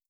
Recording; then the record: hydrophone in a shrimp aquaculture tank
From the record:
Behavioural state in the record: starved